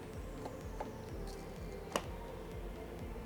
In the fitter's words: God, that does not make a very satisfying snap.